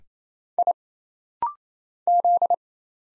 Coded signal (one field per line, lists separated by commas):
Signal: Morse code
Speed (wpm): 27 wpm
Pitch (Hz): 700 Hz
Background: none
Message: I Z